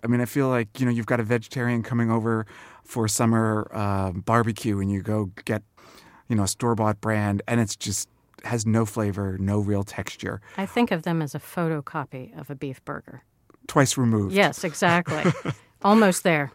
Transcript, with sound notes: I mean, I feel like, you know, you've got a vegetarian coming over for summer barbecue and you go get, you know, a store-bought brand and it just has no flavor, no real texture.
I think of them as a photocopy of a beef burger.
Twice removed (laughter).
Yes, exactly. Almost there